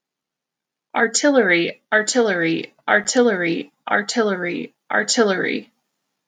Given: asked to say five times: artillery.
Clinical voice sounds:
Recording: repeated word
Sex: female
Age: 30 to 39 years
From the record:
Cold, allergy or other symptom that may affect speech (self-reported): no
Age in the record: 38 years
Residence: Illinois, United States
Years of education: 16

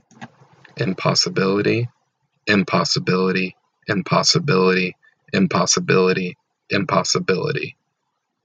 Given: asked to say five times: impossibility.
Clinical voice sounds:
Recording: repeated word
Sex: male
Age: 40 to 49 years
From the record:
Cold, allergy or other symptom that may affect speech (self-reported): no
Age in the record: 41 years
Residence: Oregon, United States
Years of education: 14

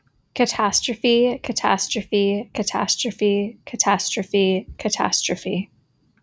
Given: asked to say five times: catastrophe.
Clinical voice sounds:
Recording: repeated word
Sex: female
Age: 30 to 39 years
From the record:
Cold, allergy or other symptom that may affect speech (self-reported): no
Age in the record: 38 years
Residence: New York, United States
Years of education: 18

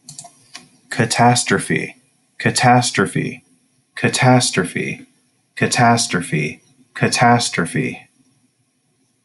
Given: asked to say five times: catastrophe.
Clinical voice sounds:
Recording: repeated word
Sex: male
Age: 20 to 29 years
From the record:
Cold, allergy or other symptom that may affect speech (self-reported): no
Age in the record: 28 years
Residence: Colorado, United States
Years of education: 12

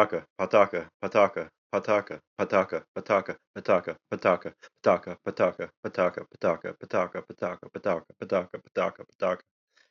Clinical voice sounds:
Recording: repeated syllables /pa ta ka/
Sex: male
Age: 30 to 39 years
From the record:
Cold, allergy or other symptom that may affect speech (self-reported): no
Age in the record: 36 years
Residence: New York, United States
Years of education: 14

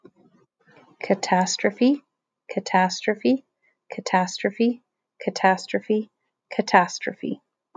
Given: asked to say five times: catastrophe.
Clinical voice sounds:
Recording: repeated word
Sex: female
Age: 30 to 39 years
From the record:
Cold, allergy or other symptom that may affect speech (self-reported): no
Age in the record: 32 years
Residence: Arizona, United States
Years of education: 18

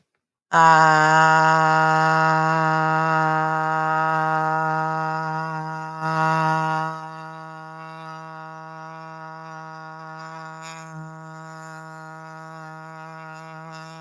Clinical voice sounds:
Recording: vowel held as long as possible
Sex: female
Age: 30 to 39 years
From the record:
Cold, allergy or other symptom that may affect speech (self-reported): no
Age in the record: 38 years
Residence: United States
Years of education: 12

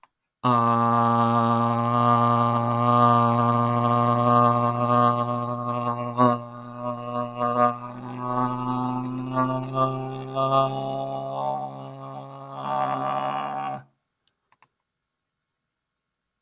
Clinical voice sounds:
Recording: vowel held as long as possible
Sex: male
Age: 20 to 29 years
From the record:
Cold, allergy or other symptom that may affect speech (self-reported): no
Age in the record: 25 years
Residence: Rhode Island, United States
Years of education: 16

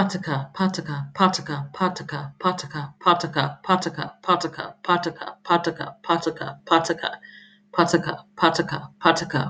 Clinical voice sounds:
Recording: repeated syllables /pa ta ka/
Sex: female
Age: 30 to 39 years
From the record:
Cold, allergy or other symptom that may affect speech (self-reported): no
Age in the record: 33 years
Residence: North Carolina, United States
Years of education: 0

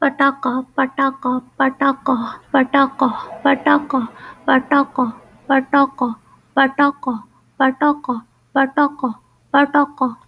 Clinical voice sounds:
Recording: repeated syllables /pa ta ka/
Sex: female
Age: 30 to 39 years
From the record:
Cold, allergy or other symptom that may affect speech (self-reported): no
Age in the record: 32 years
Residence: Texas, United States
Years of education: 18

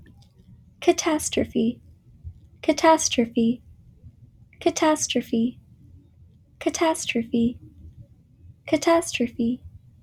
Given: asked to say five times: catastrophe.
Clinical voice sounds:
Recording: repeated word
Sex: female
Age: 20 to 29 years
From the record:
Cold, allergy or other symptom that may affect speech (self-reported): no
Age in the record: 23 years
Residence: California, United States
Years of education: 16

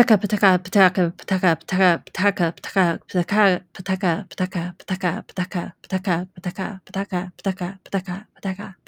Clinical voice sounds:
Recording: repeated syllables /pa ta ka/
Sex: female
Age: 40 to 49 years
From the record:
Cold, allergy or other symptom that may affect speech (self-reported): no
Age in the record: 41 years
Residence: Washington, United States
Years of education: 19

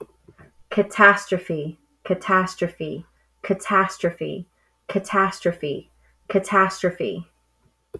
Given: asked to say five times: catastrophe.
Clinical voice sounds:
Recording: repeated word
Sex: female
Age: 30 to 39 years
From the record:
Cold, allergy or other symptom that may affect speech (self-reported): no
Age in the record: 31 years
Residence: Kentucky, United States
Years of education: 12

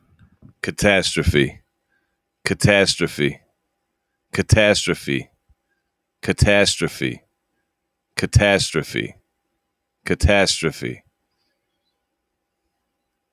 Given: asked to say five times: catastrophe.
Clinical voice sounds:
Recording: repeated word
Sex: male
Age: 30 to 39 years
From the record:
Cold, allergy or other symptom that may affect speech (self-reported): no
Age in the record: 37 years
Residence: New York, United States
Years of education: 18

